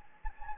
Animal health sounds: mosquito wingbeat signal from an infrared sensor; Anopheles gambiae

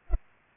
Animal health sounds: mosquito wingbeat signal from an infrared sensor; Culex pipiens

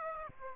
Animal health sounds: mosquito wingbeat signal from an infrared sensor; Aedes aegypti

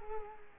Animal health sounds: mosquito wingbeat signal from an infrared sensor; Culex quinquefasciatus

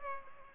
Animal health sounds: mosquito wingbeat signal from an infrared sensor; Culex pipiens

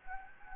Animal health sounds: mosquito wingbeat signal from an infrared sensor; Anopheles gambiae

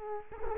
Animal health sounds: mosquito wingbeat signal from an infrared sensor; Culex quinquefasciatus

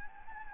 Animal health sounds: mosquito wingbeat signal from an infrared sensor; Anopheles gambiae

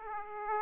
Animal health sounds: mosquito wingbeat signal from an infrared sensor; Aedes aegypti

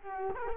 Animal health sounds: mosquito wingbeat signal from an infrared sensor; Culex quinquefasciatus

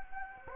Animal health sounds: mosquito wingbeat signal from an infrared sensor; Anopheles gambiae

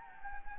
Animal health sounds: mosquito wingbeat signal from an infrared sensor; Anopheles gambiae

